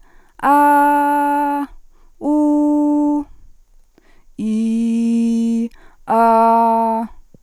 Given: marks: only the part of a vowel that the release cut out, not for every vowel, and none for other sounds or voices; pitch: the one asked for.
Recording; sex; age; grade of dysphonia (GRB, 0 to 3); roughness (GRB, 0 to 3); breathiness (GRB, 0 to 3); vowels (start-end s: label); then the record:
sustained vowels; female; 40 to 49 years; 0; 0; 0
0.50-1.57 s: vowel /a/, high pitch
2.30-3.16 s: vowel /u/, high pitch
4.46-5.62 s: vowel /i/, low pitch
6.14-6.99 s: vowel /a/, low pitch
From the record:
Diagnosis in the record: healthy voice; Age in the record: 44 years